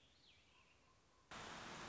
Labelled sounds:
Common Raven (Corvus corax)
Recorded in Sonoma County, California

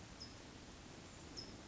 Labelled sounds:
California Towhee (Melozone crissalis)
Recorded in Sonoma County, California

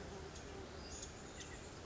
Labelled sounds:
Western Flycatcher (Empidonax difficilis)
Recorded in Sonoma County, California

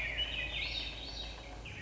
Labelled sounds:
Swainson's Thrush (Catharus ustulatus)
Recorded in Sonoma County, California

